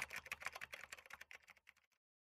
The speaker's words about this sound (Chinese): 李寻敲敲键盘，淡淡地说